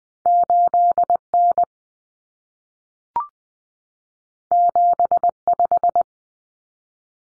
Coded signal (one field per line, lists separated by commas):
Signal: Morse code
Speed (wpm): 20 wpm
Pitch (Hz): 700 Hz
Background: none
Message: 8N 75